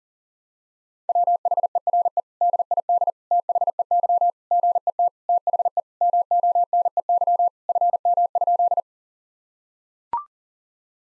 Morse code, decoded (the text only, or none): WHERE DID THEY GET THE MONEY FM?